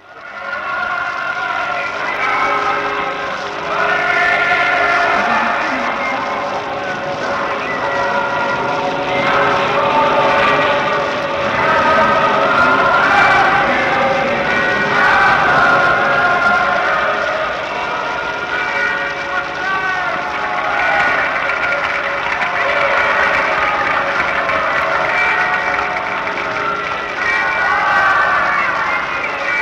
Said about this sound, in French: Écoutez cet enregistrement des cloches de Paris et de la foule chantant la Marseillaise sur le terre-plein du Sacré-Cœur de Montmartre